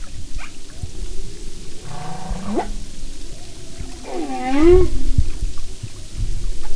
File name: humpback